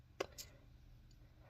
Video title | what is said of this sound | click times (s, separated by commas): Let's Build CB26 Force Dragren From Crossfight B-Daman! | pops right in | 0.2 s